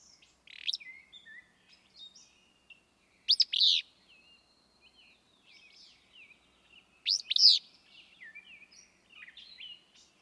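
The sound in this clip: Willow flycatcher delivering three buzzy, snapped song phrases every three to four seconds, amid a steady background of twittering and whistling birds.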